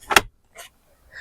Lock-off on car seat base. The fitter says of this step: So, you heard the click with the seat belt to versus this. It cl it clicked down like a lot easier.